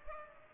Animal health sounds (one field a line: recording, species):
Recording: mosquito wingbeat signal from an infrared sensor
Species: Culex pipiens